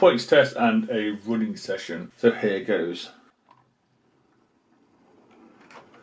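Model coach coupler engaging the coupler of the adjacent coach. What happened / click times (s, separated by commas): Handled, not yet home: the small plastic couplers have not clicked together yet / none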